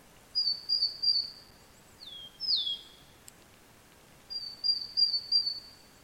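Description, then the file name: Great tit repeating short high notes in brief runs, with two sharp downward-sliding whistles between them against steady background noise. "Parus major"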